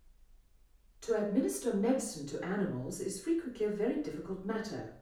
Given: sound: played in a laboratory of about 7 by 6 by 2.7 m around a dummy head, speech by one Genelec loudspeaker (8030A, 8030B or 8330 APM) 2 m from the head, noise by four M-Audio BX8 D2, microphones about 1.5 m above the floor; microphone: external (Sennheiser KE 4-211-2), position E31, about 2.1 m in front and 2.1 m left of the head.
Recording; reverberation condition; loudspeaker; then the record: female speech in English; medium; 150 degrees to the right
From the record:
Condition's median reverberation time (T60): about 510 ms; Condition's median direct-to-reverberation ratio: about -0.5 dB